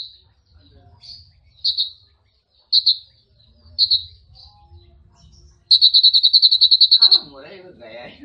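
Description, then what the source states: Sunbird song: several spaced high chirps, then a long, even, rapid trill. Recording used to lure sunbirds.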